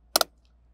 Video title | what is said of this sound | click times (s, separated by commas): 2024 Dutch Star Operational Overview. | counterclockwise fill and then clockwise until it clicks | 0.2 s